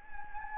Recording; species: mosquito wingbeat signal from an infrared sensor; Anopheles gambiae